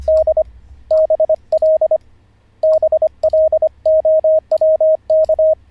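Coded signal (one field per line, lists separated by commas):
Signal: Morse code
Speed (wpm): 25 wpm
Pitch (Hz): 630 Hz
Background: radio noise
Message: D BL BLOWK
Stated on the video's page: Live Morse code learning session, day 44 of a lesson series.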